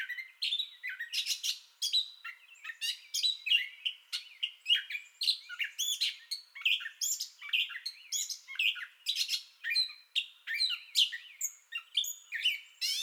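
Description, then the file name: Gray catbird song: a rapid, continuous jumble of squeaky, scratchy and mewing phrases following one another quickly, running the whole time. Entire song bout, recorded 30 May 2021. "2021-05-30 Gray Catbird Entire Song Bout"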